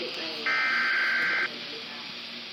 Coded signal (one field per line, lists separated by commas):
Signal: Emergency Alert System (SAME) tones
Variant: header bursts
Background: speech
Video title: Severe Thunderstorm Warning on VDB224 (6/11/2021) (EAS #337)